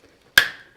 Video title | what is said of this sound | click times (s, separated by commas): Second Fix - PVC Singles in Conduit - 1 Way Switched Lighting Circuit - Wiring Loop In Method | there we go we heard that click so lots of pressure on top of the screwdriver we only need to hear it click | 0.4 s